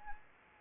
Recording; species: mosquito wingbeat signal from an infrared sensor; Anopheles gambiae